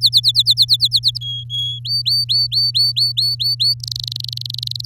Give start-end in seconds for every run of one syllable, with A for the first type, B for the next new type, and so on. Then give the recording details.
0.01-1.18 A, 1.21-1.79 B, 1.85-3.74 C, 3.80-4.85 D. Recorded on 7 May 2018 at 16:32. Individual llb16